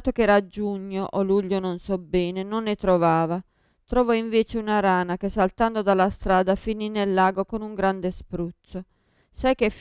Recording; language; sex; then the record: read passage; Italian; female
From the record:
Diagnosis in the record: Parkinson's disease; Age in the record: 54 years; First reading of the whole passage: 55 s, 9.4 characters per second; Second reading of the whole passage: 50 s, 10.4 characters per second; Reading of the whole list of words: 55 s, 5.1 characters per second